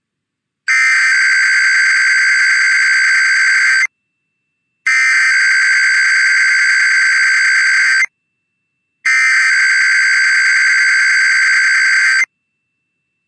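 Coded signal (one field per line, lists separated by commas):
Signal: Emergency Alert System (SAME) tones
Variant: header bursts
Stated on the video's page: Off-air captures of the Eastern, Central and Mountain IPAWS required weekly tests.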